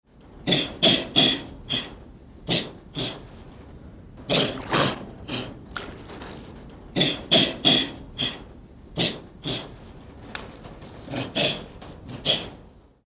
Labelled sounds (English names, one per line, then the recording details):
Rhesus Monkey
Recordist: Tembrock, Günter
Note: Weibchen aggressiv